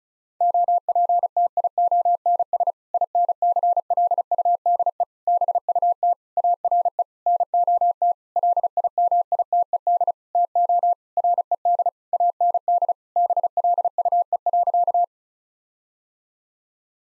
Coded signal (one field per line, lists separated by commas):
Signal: Morse code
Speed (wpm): 36 wpm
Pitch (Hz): 700 Hz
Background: none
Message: OPTIONS INCLUDE BUT ARE NOT LIMITED TO RED AND BLUE.